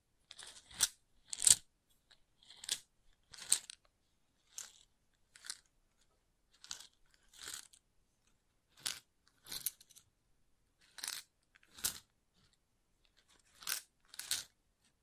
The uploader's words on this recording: ASMR Calming Wood Triggers for Sleep (No Talking).